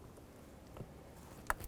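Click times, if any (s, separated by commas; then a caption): 1.5 s. A wiring connector is pushed onto the intake air temperature sensor of a 2000-2005 Buick LeSabre during a driver's side transmission mount replacement. After a faint tick at about 0.8 s, a sharp, bright click at 1.5 s marks the connector seating, followed by a softer tick just after. The connector is confirmed secure with a tug.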